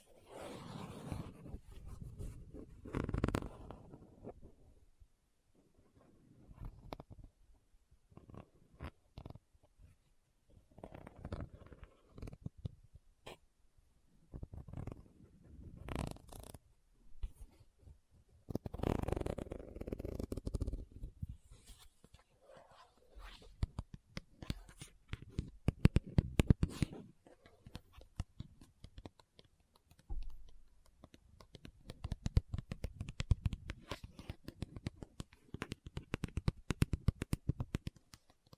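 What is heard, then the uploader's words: Rummaging through a bag: bursts of rustling, crinkling and soft thumps come in irregular clusters, with brief quiet gaps between them. A zipper-like rasp and papery shuffling stand out, and louder handling flurries arrive around 3, 19 and 26 seconds. ASMR What's In My Bag (No Talking).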